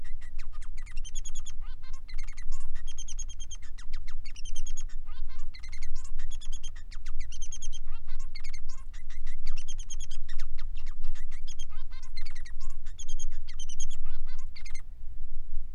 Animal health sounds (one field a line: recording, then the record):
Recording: song of a male Bengalese finch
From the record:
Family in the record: son of father 3